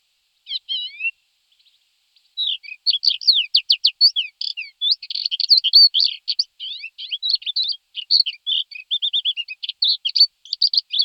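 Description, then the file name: Thekla's lark: a few opening chirps, a pause, then a long rapid stream of sharp rising and falling whistles and buzzy trills. "Chocholous vavrinovy Galerida theklae"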